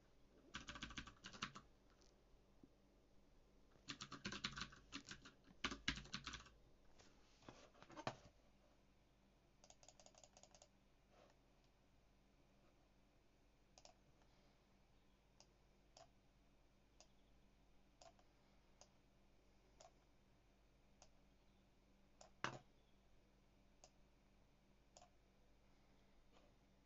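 Typing on a mechanical keyboard, with dense bursts of fast, clacking keystrokes in the first eight seconds and again briefly around ten seconds. After that the typing thins out to sparse, isolated clicks every second or so, with one louder key strike near twenty-two seconds over a faint low hum.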